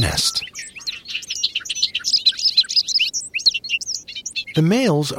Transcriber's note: Songs and calls of male Bobolinks – throughout show